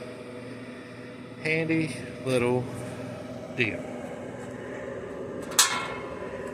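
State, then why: Seated. Someone talks while a folding side shelf on a recteq pellet grill is flipped back up and its support latch is locked into place. A sharp metallic hit at 5.6 s marks the support seating, and the shelf locks into place.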